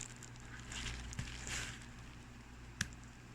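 A bicycle computer is rotated 90 degrees onto its 3D-printed ABS handlebar mount clip, with faint handling and rustling noises before a single sharp snap at 2.8 s. The computer is seated and safely clipped into the mount.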